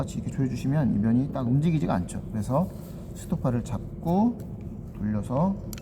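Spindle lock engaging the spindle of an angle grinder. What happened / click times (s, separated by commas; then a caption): Handled, not yet home: no seating click before the clip ends / none. Someone talks while changing the disc on an electric angle grinder, holding the spindle and rotating it by hand so the spindle lock can engage before the flange is tightened with a tool. No distinct impacts stand out under the speech. The spindle lock has not clicked into place yet.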